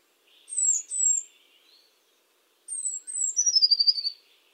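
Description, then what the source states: Eurasian blue tit: two thin, very high notes, then after a pause two more followed by a fast descending trill. Recorded by the Elbe.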